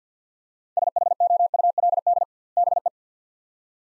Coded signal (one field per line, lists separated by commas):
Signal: Morse code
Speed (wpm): 50 wpm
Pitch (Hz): 700 Hz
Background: none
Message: SHOULD BE